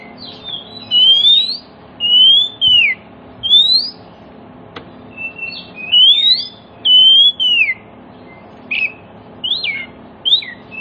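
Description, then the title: Oriental magpie-robin delivering clear whistled phrases, some rising and some dropping, separated by short silences, with a few brief chirps and a soft hum underneath. Song played as a lure to prompt other magpie-robins, including ones that have stopped singing, to answer and sing within about five minutes. "Cukup Hitungan Menit Kacer Lain Bisa Bunyi. CUKUP 5 Menit Kacer LAIN NYAUT JADI GACOR, PANCINGAN KACER MACET BUNYI"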